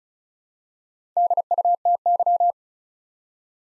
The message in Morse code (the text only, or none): DUTY